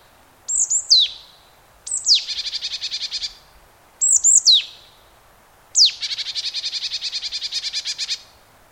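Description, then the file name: Marsh tit calls: bright downward-sweeping high notes, twice followed by a fast, buzzy, evenly repeated chatter lasting over a second. "Poecile palustris"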